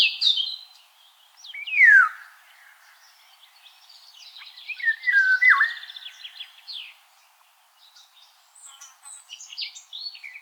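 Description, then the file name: Eurasian golden oriole song with slurred, fluty whistles dropping in pitch, set among scratchier chattering notes. Recorded on 10 July 2013. "10 07 2013 Pirol"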